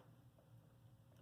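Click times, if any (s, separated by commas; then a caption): none. A 6-pin PCIe power cable plug is pushed onto the power socket of a graphics card. Only a steady low hum is heard, with no sharp transients. The connector has not clicked or seated.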